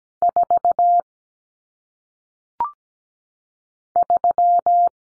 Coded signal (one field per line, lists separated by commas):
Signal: Morse code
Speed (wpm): 17 wpm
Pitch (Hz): 700 Hz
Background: none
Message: 4 3